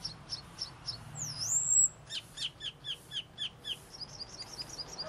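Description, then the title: Asian fairy-bluebird gives spaced high chirps, a sweeping slurred whistle, then a steady series of about seven clipped, repeated notes fading into soft twitters. Unusual, persistent 'gacor' style singing. "Cucak Keling Gacor Unik"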